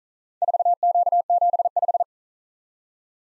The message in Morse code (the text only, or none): 4Q75